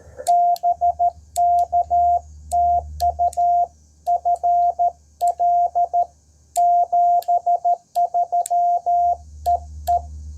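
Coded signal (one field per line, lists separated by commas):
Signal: Morse code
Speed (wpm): 13 wpm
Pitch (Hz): 690 Hz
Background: radio noise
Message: BK TU FL 73 EE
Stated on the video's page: CW Parks on the Air activation, 5 watts from an IC-703+ on two HF bands, antenna raised on a SpiderBeams mast.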